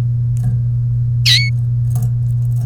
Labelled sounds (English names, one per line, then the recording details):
Domestic Canary song
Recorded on 1 May 2018 at 14:00
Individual llb3